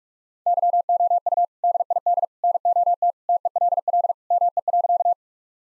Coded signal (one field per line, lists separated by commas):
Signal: Morse code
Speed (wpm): 46 wpm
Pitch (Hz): 700 Hz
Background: none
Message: YOU DID NOT TELL ME.